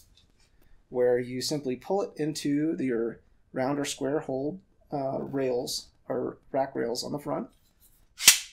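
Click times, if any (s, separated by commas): 8.3 s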